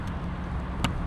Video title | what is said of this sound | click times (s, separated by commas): New Year - Used Tires - Long Video - TheTruckerJohnShow Ep.407 | two clicks, there we go. | 0.8 s